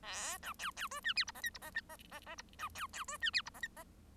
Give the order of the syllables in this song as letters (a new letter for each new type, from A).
A B C C D E F G H I G H H H H G B C C D E F G H I H